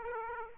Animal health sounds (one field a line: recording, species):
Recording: mosquito wingbeat signal from an infrared sensor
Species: Aedes aegypti